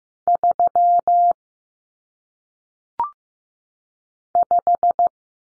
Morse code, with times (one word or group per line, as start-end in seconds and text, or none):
0.3-1.3 3
4.3-5.1 5